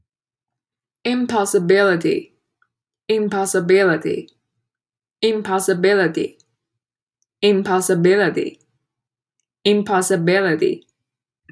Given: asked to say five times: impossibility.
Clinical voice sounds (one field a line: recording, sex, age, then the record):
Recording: repeated word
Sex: female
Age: 20 to 29 years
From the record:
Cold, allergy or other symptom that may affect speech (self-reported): no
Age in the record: 25 years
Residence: Texas, United States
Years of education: 16